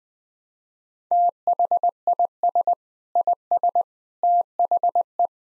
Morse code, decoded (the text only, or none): THIS IS THE